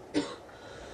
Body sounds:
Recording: coughing mixed with background sound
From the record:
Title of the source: female coughing - coughing sound effects girl

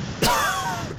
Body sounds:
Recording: coughing mixed with background sound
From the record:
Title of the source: Coughing 51

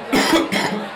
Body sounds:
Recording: coughing mixed with background sound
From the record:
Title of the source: Man Coughing Sound - Wet Cough Sound Effect

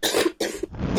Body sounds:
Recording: coughing mixed with background sound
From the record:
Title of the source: 55 gaggy wet cough

